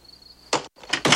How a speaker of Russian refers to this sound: Дверь на мгновение приоткрывается.